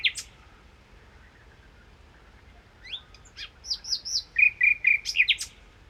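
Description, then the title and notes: Common nightingale song: a brief note, a quiet gap, then a phrase of varied whistles ending in a series of repeated notes. Nightingale song recorded 1 May 2019 in the Crau, Bouches-du-Rhône, France, with a Nagra Seven recorder, comparing cardioid (MKH8040) and omnidirectional (MKH8020) microphones. "Crau - Bouches du Rhône. Rossignol philomèle"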